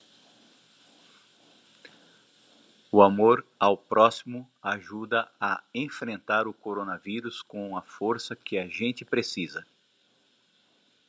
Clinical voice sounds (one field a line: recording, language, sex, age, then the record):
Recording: spoken sentence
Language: Brazilian Portuguese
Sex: male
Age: 50 to 59 years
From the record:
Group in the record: control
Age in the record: 54 years